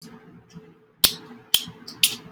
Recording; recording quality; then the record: counting at a normal pace; poor, much background noise or distortion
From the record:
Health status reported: COVID-19 positive, mild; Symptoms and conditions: none ticked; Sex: male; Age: 26 years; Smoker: not ticked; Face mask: not worn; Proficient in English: yes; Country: India